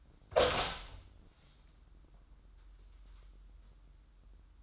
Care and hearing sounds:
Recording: daily activity, microphone in the room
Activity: open door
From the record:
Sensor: 3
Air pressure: 994.3 hPa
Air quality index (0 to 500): 204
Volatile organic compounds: 1000 ppm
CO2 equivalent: 6834 ppm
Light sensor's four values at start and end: 119/283/116/110 and 121/289/119/113

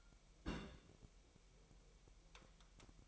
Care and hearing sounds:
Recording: daily activity, microphone in the room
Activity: place on stove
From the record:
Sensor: 1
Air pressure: 1002.0 hPa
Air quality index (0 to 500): 247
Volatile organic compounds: 51 ppm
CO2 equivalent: 3314 ppm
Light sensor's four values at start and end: 6/13/5/6 and 6/13/5/6

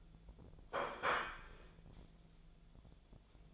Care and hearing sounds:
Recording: daily activity, microphone in the room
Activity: place plate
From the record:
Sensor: 5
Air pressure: 1009.5 hPa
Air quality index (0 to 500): 169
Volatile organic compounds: 4 ppm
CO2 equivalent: 1641 ppm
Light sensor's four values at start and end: 100/265/108/115 and 100/265/108/115

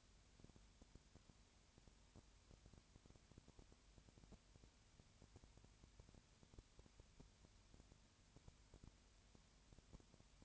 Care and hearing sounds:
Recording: daily activity, microphone in the room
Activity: no activity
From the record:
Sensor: 2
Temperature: 20.4 degrees Celsius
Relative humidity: 35.6%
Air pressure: 1007.1 hPa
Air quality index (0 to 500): 122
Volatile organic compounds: 2 ppm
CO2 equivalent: 1253 ppm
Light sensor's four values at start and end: 2/3/2/2 and 2/3/2/2

